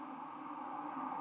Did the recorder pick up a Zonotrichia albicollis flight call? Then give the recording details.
yes. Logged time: 02:54 on 31 October 2014